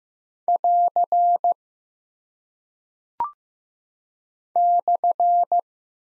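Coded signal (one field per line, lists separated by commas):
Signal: Morse code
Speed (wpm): 15 wpm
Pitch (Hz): 700 Hz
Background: none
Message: <AR> /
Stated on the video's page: Morse code practice of punctuation and prosign characters at 15 wpm, each sent, spoken, then sent again for head-copy.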